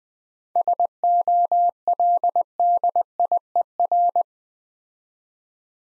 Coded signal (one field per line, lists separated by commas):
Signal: Morse code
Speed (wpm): 20 wpm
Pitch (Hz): 700 Hz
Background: none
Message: SOLDIER